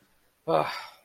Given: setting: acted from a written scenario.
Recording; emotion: vocal sound without words; shame